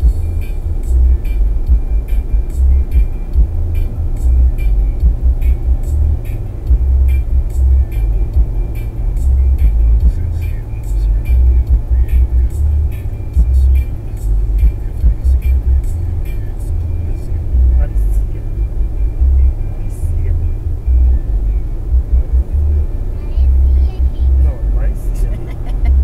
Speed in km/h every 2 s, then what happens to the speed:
95, 98, 103, 106, 105, 105, 104, 104, 102, 101, 101, 103, 106.
0-6 speeds up to 106. 6-20 steady at about 104.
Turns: none.